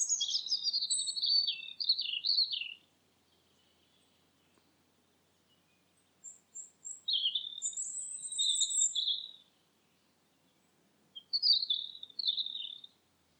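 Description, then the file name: Bird giving a burst of high chirps, a pause, a longer twittering run, then a final short chirp series. "filtered sound bird"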